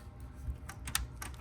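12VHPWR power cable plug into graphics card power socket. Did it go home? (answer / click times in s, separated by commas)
yes / 0.9 s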